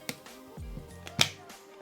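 The last remaining corner of a plastic Torras case is pressed onto a Samsung Galaxy Z Fold 7 foldable phone. After a sharp tap at 0.1 s and a smaller tick at 1.1 s, the corner snaps on with a sharp click at 1.2 s. The case is seated.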